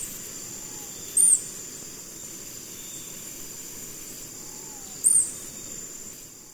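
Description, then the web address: Golden-collared honeycreeper giving two short, very high arched notes about four seconds apart over a faint hum and hiss. Ecuador. "Birds of Ecuador golden-collared Honeycreeper"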